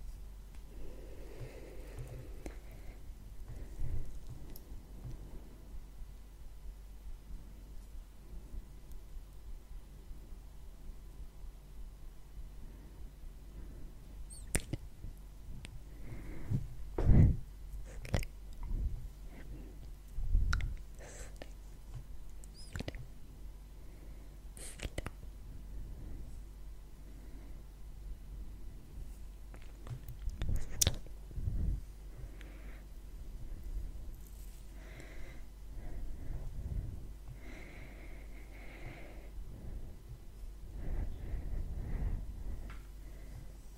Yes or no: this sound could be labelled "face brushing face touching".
yes